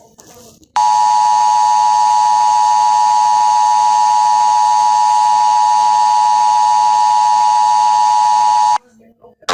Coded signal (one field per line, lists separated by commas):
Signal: Emergency Alert System (SAME) tones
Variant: 853 and 960 Hz attention tone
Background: speech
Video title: EAS Scenario 16 Phenomenon in Atlanta And New York City (TWOSDAY FAKE)